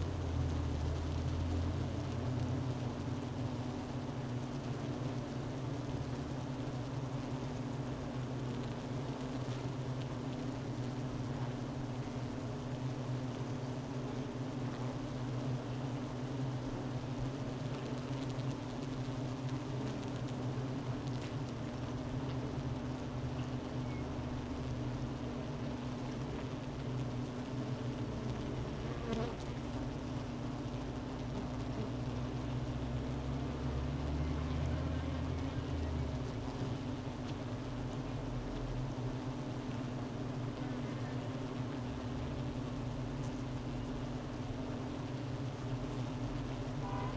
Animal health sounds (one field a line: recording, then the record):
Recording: honeybee colony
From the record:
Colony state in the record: missing queen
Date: 31 May 2018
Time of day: 12:38